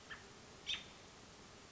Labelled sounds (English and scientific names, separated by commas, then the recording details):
American Robin (Turdus migratorius)
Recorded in Sonoma County, California